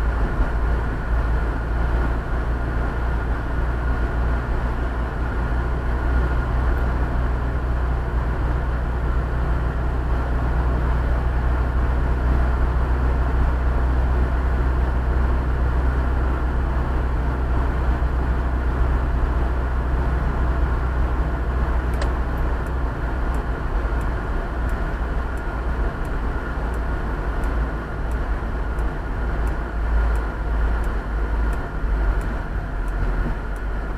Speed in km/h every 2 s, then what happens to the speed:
45, 46, 47, 48, 49, 49, 49, 48, 50, 50, 50, 49, 48, 45, 45, 43, 37.
0-21 steady at about 49. 21-34 slows to 37.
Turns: none.